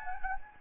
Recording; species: mosquito wingbeat signal from an infrared sensor; Anopheles gambiae